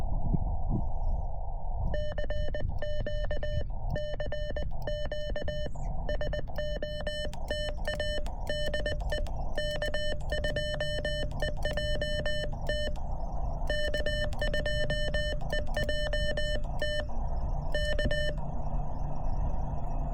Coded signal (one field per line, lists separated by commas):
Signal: Morse code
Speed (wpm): 20 wpm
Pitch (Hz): 3000 Hz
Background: none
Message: CQ CQ STATA DE K2EJT K2EJT K